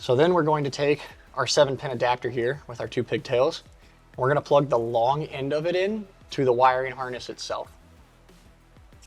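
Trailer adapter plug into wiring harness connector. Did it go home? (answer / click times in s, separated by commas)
yes / 8.8 s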